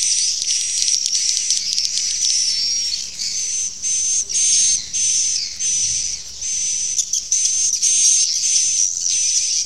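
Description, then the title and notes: Swiftlet calls in bursts of high, hissing twitters about a second long, separated by short gaps, with a thin steady whistle in the background. Used in swiftlet farming in Asia. "Swiflet Bird Sound. Farming Swiflet Bird asia sound"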